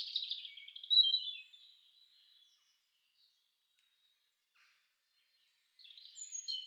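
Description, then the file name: European robin song: a short, high, thin warbled phrase at the start, a long quiet gap, then another brief tinkling phrase at the end. "roodborst"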